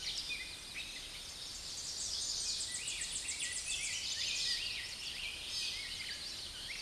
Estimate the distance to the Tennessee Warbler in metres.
about 30 m